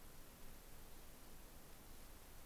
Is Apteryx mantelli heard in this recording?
no